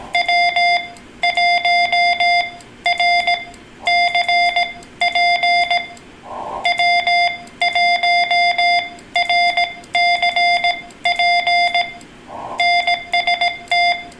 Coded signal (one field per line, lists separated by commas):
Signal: Morse code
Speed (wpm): 18 wpm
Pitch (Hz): 700 Hz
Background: none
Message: W1RCP W1RCP NST